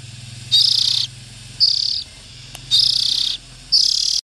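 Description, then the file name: Oriental magpie-robin harsh, hissing rasps, four half-second bursts about one second apart, over a low steady hum. Young birds. "Tieng chim chich choe than non"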